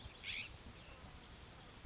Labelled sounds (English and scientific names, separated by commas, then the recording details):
California Scrub-Jay (Aphelocoma californica)
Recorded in Sonoma County, California